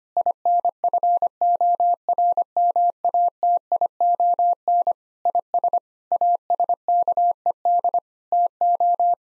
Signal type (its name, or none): Morse code